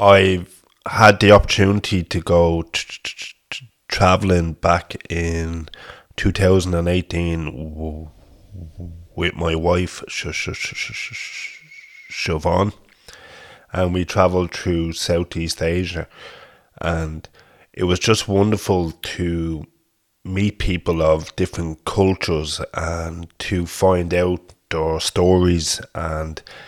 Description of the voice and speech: A stammering voice from Dublin, Republic of Ireland.